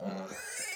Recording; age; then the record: pig call; piglet (1 to 25 days)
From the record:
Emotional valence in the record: negative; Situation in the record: long isolation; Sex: female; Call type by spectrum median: high-frequency call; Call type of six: mixed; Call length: 0.75 s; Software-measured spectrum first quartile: 842 Hz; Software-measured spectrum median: 2525 Hz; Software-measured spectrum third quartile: 7370 Hz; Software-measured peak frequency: 527 Hz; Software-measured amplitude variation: 84 dB a second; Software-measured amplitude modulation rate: 23.9 a second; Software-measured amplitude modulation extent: 3.5 dB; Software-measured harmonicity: 3.1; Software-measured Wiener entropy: -2.81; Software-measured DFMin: 1205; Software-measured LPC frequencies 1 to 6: 553, 1551, 2232, 4141, 5081, 6260 Hz